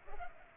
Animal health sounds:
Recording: mosquito wingbeat signal from an infrared sensor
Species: Culex pipiens

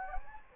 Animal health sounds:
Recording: mosquito wingbeat signal from an infrared sensor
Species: Anopheles gambiae

